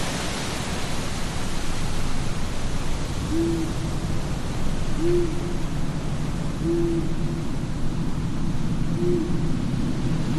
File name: zapsplat horror graveyard ambience night wind owls